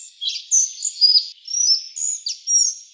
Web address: Ficedula albicollis